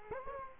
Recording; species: mosquito wingbeat signal from an infrared sensor; Culex quinquefasciatus